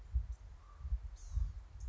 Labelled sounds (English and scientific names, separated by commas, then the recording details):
Blue-gray Gnatcatcher (Polioptila caerulea)
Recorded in Sonoma County, California